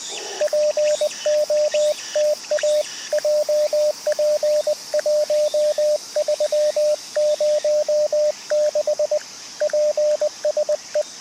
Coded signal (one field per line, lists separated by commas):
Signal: Morse code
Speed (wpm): 20 wpm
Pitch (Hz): 600 Hz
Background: radio noise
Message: POTA JP1306 PSE